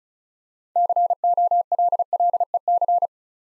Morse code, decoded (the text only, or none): COLLEC